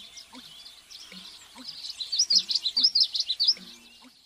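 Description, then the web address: Common yellowthroat song: a rapid series of bright, rolling, repeated high phrases building in loudness, with faint low knocking sounds underneath. Recorded in the western USA. "Western USA Songbirds Common Yellowthroat"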